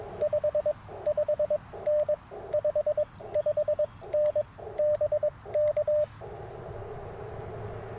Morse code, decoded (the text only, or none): 55N 55N BK